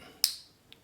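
A small titanium Dapper Design Klip key-clip knife has its blade swung on its pivot so it snaps into its locking detent. A sharp, bright click at 0.2 s locks it closed, followed by a fainter click at 0.7 s as it locks open, and the blade seats firmly each time.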